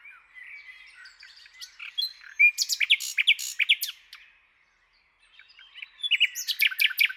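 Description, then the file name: Common nightingale producing loud, sharp chirping bursts with softer warbled notes between them, a brief silence, then another rapid volley of high notes. "Luscinia megarhynchos"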